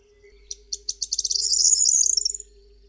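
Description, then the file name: Corn bunting song: a few separate ticking notes that speed up into a dense, jangling, high-pitched rattle lasting over a second, then stop abruptly. "POTRZESZCZ"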